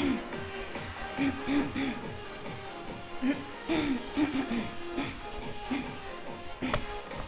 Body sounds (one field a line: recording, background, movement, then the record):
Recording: throat clearing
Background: music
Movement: walking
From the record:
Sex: female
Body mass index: 22.6 kg/m2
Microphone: on the chest, facing outward